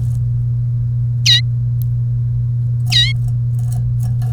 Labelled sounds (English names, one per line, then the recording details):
Domestic Canary song
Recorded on 1 May 2018 at 10:16
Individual llb3